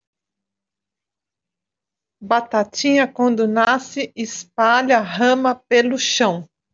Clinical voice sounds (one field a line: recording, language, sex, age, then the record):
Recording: short text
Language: Brazilian Portuguese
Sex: female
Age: 40 to 49 years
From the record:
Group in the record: control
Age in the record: 47 years